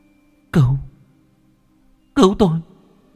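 coughing

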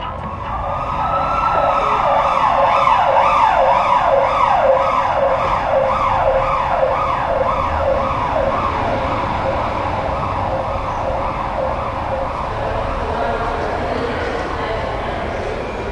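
ambulance siren

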